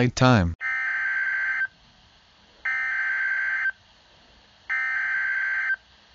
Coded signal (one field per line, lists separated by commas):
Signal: Emergency Alert System (SAME) tones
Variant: header bursts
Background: speech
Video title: EAS Scenario